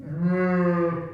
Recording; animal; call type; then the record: contact call of a hoofed animal; sheep; low-frequency (closed-mouth) or high-frequency (open-mouth) call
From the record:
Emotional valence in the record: negative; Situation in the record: short social isolation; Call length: 1.14 s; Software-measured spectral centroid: 1010 Hz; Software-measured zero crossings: 810 a second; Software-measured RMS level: -24 dBFS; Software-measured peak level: -12 dBFS